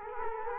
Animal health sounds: mosquito wingbeat signal from an infrared sensor; Culex quinquefasciatus

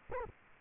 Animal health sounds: mosquito wingbeat signal from an infrared sensor; Culex quinquefasciatus

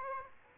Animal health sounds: mosquito wingbeat signal from an infrared sensor; Aedes aegypti

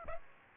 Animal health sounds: mosquito wingbeat signal from an infrared sensor; Aedes aegypti

